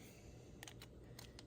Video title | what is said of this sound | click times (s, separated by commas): HOW TO DO A WHEEL SWAP ON A HOTWHEEL #howto #hotwheels #diy #craft #toys #truck | You snap this back together. You can hear it snap. | 0.6 s, 1.2 s, 1.4 s